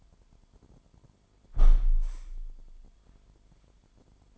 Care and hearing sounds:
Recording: daily activity, microphone in the room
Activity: close window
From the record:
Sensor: 5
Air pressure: 998.6 hPa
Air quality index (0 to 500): 104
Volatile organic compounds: 2 ppm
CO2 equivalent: 1200 ppm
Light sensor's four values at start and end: 38/93/38/44 and 38/93/38/43

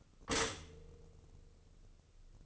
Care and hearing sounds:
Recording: daily activity, microphone in the room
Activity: stop toaster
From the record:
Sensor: 4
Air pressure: 1007.8 hPa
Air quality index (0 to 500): 103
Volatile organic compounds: 1 ppm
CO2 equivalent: 764 ppm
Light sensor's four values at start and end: 9/20/8/8 and 9/21/8/8

